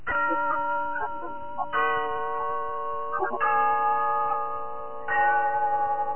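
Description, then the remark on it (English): The clock in Glen Falls Town Hall chimes in a slow sequence of sustained, ringing bell tones, several overlapping strikes with steady loud sustain and faint ticking underneath, no voices present. “Yes, there's the clock in Glen Falls Town Hall, telling us it's time for Rensall's story of Big Sister, brought to you by Soapy Rich Rensall.”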